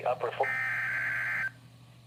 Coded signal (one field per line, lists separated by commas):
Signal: Emergency Alert System (SAME) tones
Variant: header bursts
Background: speech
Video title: NOAA EAS Alert #37: WXM66 Required Weekly Test